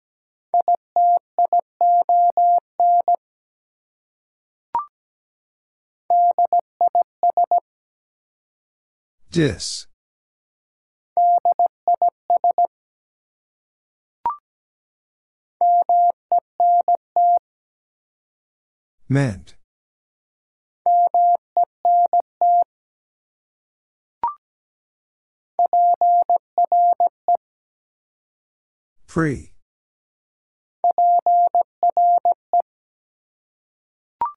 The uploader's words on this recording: Prefixes and Suffixes 17wpm. First, it is sent in Morse code. Finally, it is sent again in Morse code.